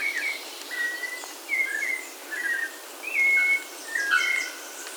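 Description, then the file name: Bird calls: short whistled notes, flat or slurred, in irregular bursts about once a second, with faint higher chirps and steady background hiss. "SABIOD 50 bird 2015"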